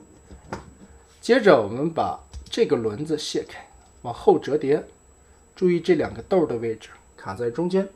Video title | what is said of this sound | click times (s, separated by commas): 这么帅的大力神瑕不掩瑜，变形金刚 招财猫 DW内战 大力神 力王 合体篇 | Re-lock the side at the same time pinch | 0.5 s